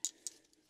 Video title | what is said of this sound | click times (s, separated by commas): 2000 Mitsubishi Minicab U62T Kei Truck - Routine Maintenance - Older Video | Now we can get these coil packs plugged right back in. You should hear them click once the tab is seated properly. | 0.0 s, 0.3 s